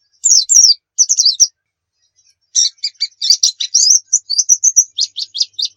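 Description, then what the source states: White-eye song: short bursts of high, rapid warbled and twittering notes, a pause, then a longer run of sharp chips and trills. Muria-type white-eye (pleci Muria) singing actively (gacor); masteran recording meant for training pet birds to sing.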